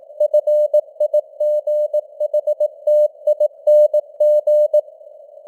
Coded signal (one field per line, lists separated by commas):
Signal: Morse code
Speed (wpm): 18 wpm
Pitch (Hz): 600 Hz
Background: none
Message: FIGHTING